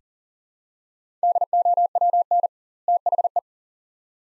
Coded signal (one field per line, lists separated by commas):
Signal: Morse code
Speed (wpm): 40 wpm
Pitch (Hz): 700 Hz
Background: none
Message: DOWN THE